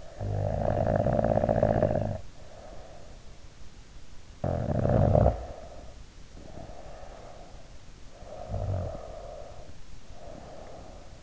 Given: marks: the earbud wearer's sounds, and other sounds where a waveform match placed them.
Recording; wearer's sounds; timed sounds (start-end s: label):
sounds in sleep by an in-ear microphone; snoring breath
0.00-3.17 s: snoring breath
4.15-7.54 s: snoring breath
8.07-11.23 s: snoring breath